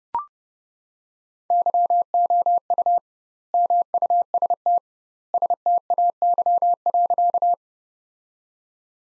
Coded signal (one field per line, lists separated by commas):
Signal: Morse code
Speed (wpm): 32 wpm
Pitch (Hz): 700 Hz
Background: none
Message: YOU MUST STAY.